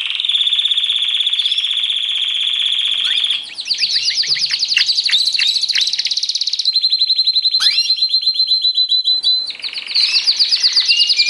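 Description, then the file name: Canary singing a long steady high trill, then fast chopped rolls and buzzy repeated notes, switching tours every few seconds without pause. Canary trio master recording, used for training songbirds. "kenari trio masteran omkicau"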